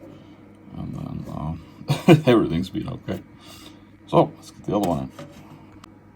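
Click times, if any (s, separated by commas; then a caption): 5.8 s. A second DDR4 memory stick is pushed into a desktop motherboard DIMM slot in an OMEN by HP 870-242no while someone talks. The retention tab gives one short, sharp click at 5.8 s, and the module is seated.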